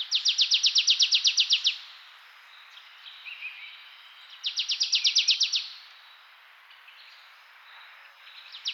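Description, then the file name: Marsh tit repeating rapid rattling bursts of crisp chipping notes, each burst lasting over a second, with quiet twitters in the gaps. "Poecile palustris"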